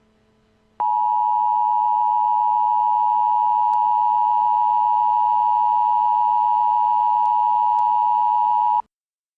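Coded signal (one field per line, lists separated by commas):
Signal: Emergency Alert System (SAME) tones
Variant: 853 and 960 Hz attention tone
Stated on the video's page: Mock EAS alert with valid SAME tones, a recreation rather than a real activation.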